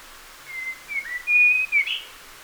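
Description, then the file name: Common blackbird singing a phrase of smooth fluted whistles that end in a brief scratchy flourish. "Turdus merula"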